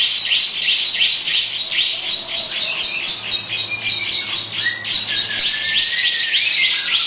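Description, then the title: Lovebird chattering song of rapid, harsh high chirps, with a thin whistled note sliding downward in the background through the second half. Long "ngekek" song style. "Lovebird Ngekek Panjang Ciblek"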